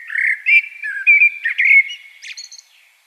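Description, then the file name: Common blackbird song phrase: rapid fluted warbles ending in a high, chattering twitter. "Turdus merula"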